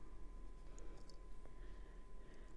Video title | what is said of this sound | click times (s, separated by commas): JewelleryMaker LIVE 23/12/23 advent demonstration - Yvonne Froehlich | Stone in here oh did you hear that click | 0.8 s